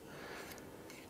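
A Cold Steel AD-15 Lite folding knife (model CS58SQL) is opened against its spring tension, and the lock bar slides along and engages the blade in the open position. There is a low, steady rustle and a small click at 0.9 seconds as the lock seats. No one talks in this clip.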